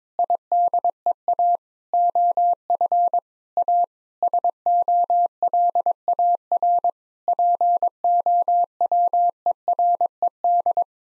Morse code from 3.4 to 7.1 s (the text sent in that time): A SOLAR